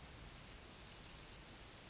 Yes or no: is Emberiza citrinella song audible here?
no